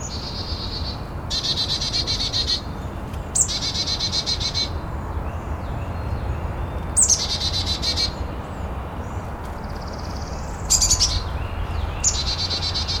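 Chickadee calls: several loud bursts of harsh, buzzy repeated notes over a steady low rumble.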